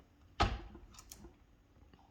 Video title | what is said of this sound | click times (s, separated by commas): Reloading the .44 Magnum cartridge, step one. | well you'll see it pop out it fell right there it usually falls in this little plastic thing | 1.1 s